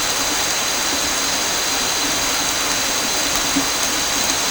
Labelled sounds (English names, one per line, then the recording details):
none
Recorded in dense forest near Puerto Asís, Putumayo, Colombia, on 13 March 2025 at 21:00
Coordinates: 0.467, -76.328
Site G041